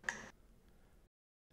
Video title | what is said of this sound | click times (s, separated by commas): How to change XPR consumables | Rotate the electrode torque tool clockwise until you hear an audible click. | 0.1 s